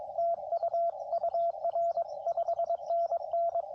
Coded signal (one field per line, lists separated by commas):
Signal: Morse code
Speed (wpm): 20 wpm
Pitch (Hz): 690 Hz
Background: radio noise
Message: TU UR 5NN